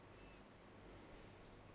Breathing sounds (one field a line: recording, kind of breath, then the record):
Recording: one breath in and out by a microphone near the nose and mouth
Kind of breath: normal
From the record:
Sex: male